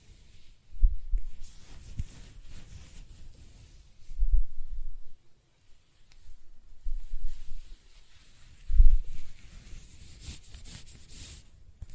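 Close-up hair sounds: soft scratching and stroking with faint, airy rustle on top. Low, muffled rubbing swells in short bursts near 1, 4, 7 and 9 seconds, with near-silent gaps between, and a brighter brushing hiss thickens toward the end.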